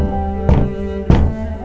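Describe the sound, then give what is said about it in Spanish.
Two sharp knocks on a window, about half a second apart, sounding over a steady, low, humming tonal background. “De repente, escuchó un golpe en la ventana.”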